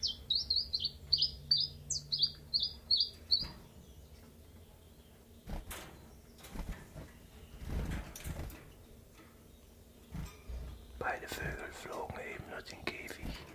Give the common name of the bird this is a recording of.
Common Chiffchaff